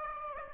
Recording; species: mosquito wingbeat signal from an infrared sensor; Aedes aegypti